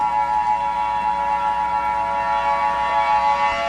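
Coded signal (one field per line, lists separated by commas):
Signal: Emergency Alert System (SAME) tones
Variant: 853 and 960 Hz attention tone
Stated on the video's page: Fictional EAS scenario.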